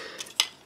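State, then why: Seated. Plastic tabs on a Transformers Masterpiece MP-28 Hot Rodimus action figure are pushed down into their slots during its robot-to-car transformation, so they position the parts. A faint tick at 0.2 s comes before a sharp, bright plastic click at 0.4 s as the tabs seat into place.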